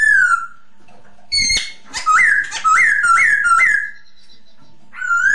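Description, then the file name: Masked laughingthrush whistles: a falling whistle, a harsh burst, then four rising, slurred whistled notes in quick succession. Lure song used for Masked laughingthrush, named poksay hongkong. "suara pancingan poksay hongkong"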